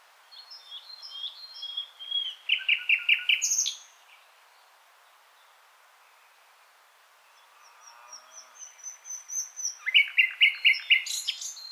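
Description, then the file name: Common nightingale singing a rich phrase of fast repeated chirps that ends abruptly, then silence, then quiet whistles swelling into another loud run of rapid repeated notes. "Luscinia megarhynchos"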